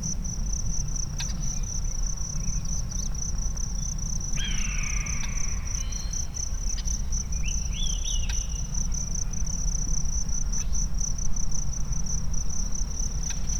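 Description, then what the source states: Bird calls: two brief whistled phrases, over a constant high insect hum with occasional clicks. Sierra Nevada mountains, USA.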